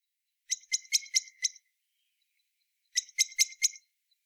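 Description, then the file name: Common blackbird giving sharp clicking chink calls in two quick bursts, five notes then four, separated by a pause of over a second; no other sounds. "Turdus merula"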